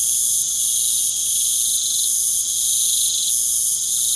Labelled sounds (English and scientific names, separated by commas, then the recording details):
none
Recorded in pastures near Puerto Asís, Putumayo, Colombia, on 25 June 2025 at 19:30
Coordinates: 0.497, -76.327
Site G040